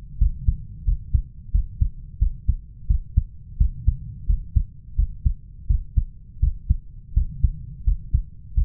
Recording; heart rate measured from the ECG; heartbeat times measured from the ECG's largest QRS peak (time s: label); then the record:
heart sounds by stethoscope; 86 bpm
0.21 s: heartbeat
0.87 s: heartbeat
1.54 s: heartbeat
2.21 s: heartbeat
2.89 s: heartbeat
3.60 s: heartbeat
4.29 s: heartbeat
4.98 s: heartbeat
5.69 s: heartbeat
6.42 s: heartbeat
7.16 s: heartbeat
7.87 s: heartbeat
8.57 s: heartbeat
From the record:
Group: healthy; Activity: rest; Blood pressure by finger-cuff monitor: 144/91 mmHg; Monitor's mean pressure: 108 mmHg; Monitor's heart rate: 87 bpm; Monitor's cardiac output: 7.1 L/min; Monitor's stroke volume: 82 mL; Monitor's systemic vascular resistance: 1130 dyn s/cm5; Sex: male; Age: 21 years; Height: 175 cm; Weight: 72.6 kg